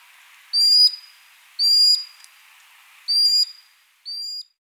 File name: Scolopacidés-Actitis-hypoleucos-Chevalier-guignette